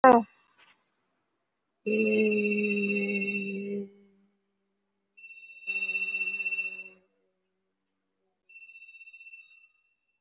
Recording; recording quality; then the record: sustained vowel as in made; moderate, slight background noise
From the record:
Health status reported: COVID-19 positive, moderate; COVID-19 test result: positive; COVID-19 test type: RT-PCR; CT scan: taken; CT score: 3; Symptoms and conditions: cough, cold, sore throat, fever, muscle pain, loss of smell and taste, another respiratory illness, hypertension, another condition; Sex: female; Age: 60 years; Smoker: no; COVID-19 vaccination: none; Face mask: worn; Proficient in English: no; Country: India